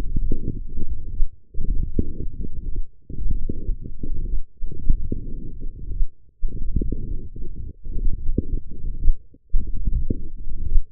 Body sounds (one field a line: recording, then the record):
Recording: forearm muscle sounds (acoustic myography)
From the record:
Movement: forearm pronation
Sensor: system 1, eight BSWA MPA416 microphones around the upper forearm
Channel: 5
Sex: male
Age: 23 years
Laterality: right